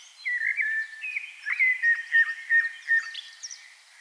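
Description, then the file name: Common blackbird song: a varied run of warbled notes, with fainter high notes above. "Turdus merula"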